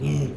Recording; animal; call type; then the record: contact call of a hoofed animal; pig; closed-mouth grunt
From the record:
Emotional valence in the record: negative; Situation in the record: short social isolation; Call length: 0.37 s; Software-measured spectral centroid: 2080 Hz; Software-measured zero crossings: 670 a second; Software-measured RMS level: -24 dBFS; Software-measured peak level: -14 dBFS